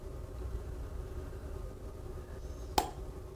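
An autoinjector pen of Cosentyx (secukinumab) is held against the skin while its indicator comes down, over a steady low hum. A sharp second click at 2.8 s signals the dose is complete and the medication is all the way in. No one talks during the clip.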